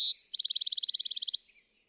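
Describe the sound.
Bewick's wren song fragment: a brief note, a clear higher whistle, then a rapid even trill.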